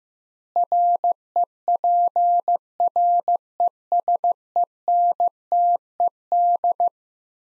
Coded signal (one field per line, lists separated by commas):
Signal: Morse code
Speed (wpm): 15 wpm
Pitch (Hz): 700 Hz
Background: none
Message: REPRESENTED